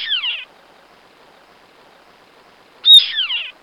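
Bird calls, two short bursts of sharp descending chirps and warbled notes about three seconds apart, with quiet background between.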